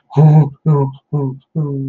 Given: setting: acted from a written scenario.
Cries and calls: vocal sound without words; sadness

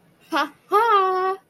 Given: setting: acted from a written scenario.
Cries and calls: vocal sound without words; pride

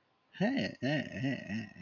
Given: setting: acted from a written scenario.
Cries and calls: vocal sound without words; pride

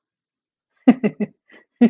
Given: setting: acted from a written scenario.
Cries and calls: vocal sound without words; amusement

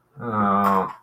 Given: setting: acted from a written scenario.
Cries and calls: vocal sound without words; guilt

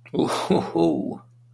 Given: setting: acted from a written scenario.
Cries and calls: vocal sound without words; relief

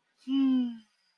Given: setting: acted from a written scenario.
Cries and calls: vocal sound without words; serenity

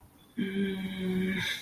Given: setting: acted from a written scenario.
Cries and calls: vocal sound without words; embarrassment

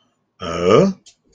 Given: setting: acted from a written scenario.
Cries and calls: vocal sound without words; confusion

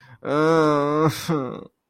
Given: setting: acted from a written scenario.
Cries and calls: vocal sound without words; guilt

